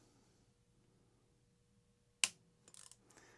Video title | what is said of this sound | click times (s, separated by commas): Accuracy International 6.5 Creedmoor to 6mm Creed conversion with Proof Research Barrel. | So what I'm going to do now is I'm going to turn this until it clicks. | 2.2 s